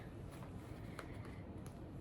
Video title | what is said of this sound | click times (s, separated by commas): LUXMAS 2025 DAY 4 - GOYARD LIMITED EDITION PLUMET HANDBAG UNBOXING - MOD SHOTS - Camochica #goyard | And we'll add that. Snaps in place easy. | 1.0 s, 1.7 s